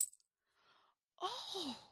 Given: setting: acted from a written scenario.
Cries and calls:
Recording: vocal sound without words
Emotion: positive surprise

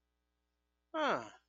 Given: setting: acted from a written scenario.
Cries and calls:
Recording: vocal sound without words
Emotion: confusion

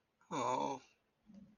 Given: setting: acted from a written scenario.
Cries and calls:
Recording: vocal sound without words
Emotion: sadness

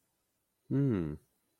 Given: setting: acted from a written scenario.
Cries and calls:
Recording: vocal sound without words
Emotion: interest

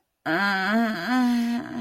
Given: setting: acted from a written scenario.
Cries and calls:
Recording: vocal sound without words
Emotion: embarrassment

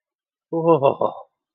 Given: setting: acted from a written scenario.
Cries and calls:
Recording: vocal sound without words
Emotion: awe

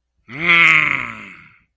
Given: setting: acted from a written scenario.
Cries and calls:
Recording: vocal sound without words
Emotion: anger

